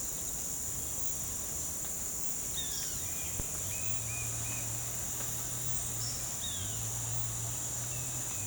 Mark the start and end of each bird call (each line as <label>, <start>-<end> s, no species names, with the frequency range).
bird call (1.0-4.9 kHz), 2.52-2.95 s
bird call (2.0-2.8 kHz), 3.65-4.70 s
bird call (1.4-4.3 kHz), 6.41-6.79 s
bird call (2.2-3.2 kHz), 7.92-8.46 s